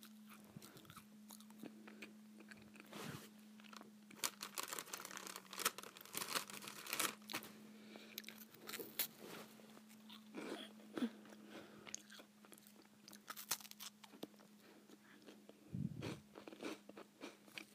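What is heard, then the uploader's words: Saltines being eaten: dense, irregular crunching and biting throughout, with crinkly bursts, over a steady low hum that dips briefly near sixteen seconds. ASMR Eating Saltines.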